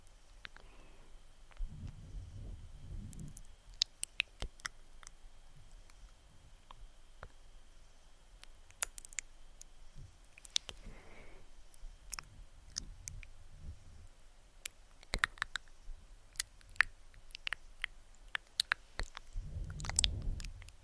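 Soft mouth sounds with scattered sharp clicks and smacks, plus low rubbing swells from slow face touching near 2, 11, 14 and 20 seconds.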